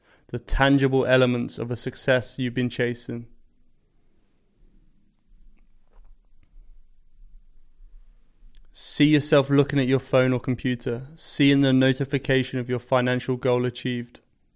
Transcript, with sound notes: the tangible elements of success you've been chasing. [Pause 10 seconds] See yourself looking at your phone or computer, seeing the notification of your financial goal achieved.